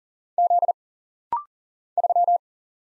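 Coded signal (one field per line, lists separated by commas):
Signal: Morse code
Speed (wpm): 39 wpm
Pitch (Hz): 700 Hz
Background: none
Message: Z 3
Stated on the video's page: Rapid-fire 40wpm Morse practice of single letters, numbers, punctuation and prosigns, sent, spoken, then sent again for instant character recognition drill.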